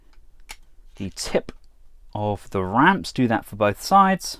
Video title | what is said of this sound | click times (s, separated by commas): FansToys FT-20 Terminus Giganticus Transformers Masterpiece Omega Supreme | fully extend this ramp section click that into place and then bring out | 0.5 s